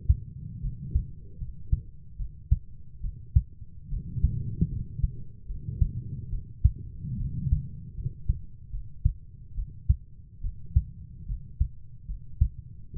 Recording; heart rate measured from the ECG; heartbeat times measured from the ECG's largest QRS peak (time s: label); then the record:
heart sounds by stethoscope; 73 bpm
0.62 s: heartbeat
1.39 s: heartbeat
2.18 s: heartbeat
3.02 s: heartbeat
3.90 s: heartbeat
4.70 s: heartbeat
5.47 s: heartbeat
6.31 s: heartbeat
7.18 s: heartbeat
7.96 s: heartbeat
8.71 s: heartbeat
9.55 s: heartbeat
10.42 s: heartbeat
11.27 s: heartbeat
12.07 s: heartbeat
12.94 s: heartbeat
From the record:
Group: healthy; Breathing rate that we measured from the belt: 18 breaths a minute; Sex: female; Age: 22 years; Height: 160 cm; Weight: 63 kg